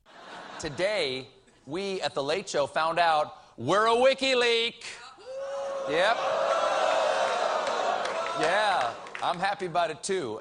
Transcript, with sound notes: Today, we at "The Late Show" found out we're a WikiLeak.
(CHEERING)
Yep. Yeah, I'm happy about it, too.